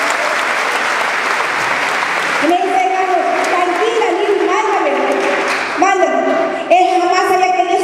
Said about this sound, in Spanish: Un fuerte aplauso